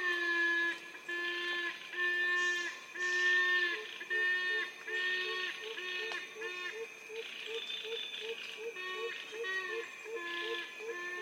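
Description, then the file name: Yellow-casqued hornbills calling: nasal, harmonic honking notes in long overlapping runs, some short and repeated in quick series, over a steady high tone. "yellow casqued hornbills birds singing"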